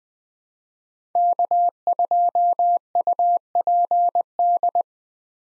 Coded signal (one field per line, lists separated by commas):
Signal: Morse code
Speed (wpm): 20 wpm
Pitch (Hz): 700 Hz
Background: none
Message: K2UPD